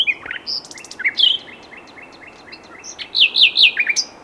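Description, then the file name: Common nightingale song: a varied phrase of short whistled notes, a steady run of repeated chirps, then loud notes near the end. "Luscinia megarhynchos"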